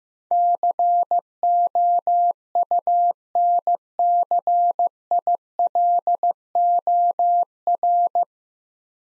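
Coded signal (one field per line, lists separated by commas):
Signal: Morse code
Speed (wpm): 15 wpm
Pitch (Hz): 700 Hz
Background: none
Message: COUNCILOR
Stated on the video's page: Morse practice at 15 wpm: nine-letter words, each sent, then spoken, then sent again.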